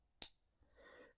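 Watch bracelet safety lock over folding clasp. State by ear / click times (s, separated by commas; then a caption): seated / 0.2 s. A sharp, bright click at 0.2 s as the small safety lock on a Monta Skyquest GMT watch bracelet snaps shut over its folding clasp, the second of two clasp clicks. It is followed by a faint soft rustle from about 0.7 to 1.1 s. The safety clasp seats securely and the clasps are very solid.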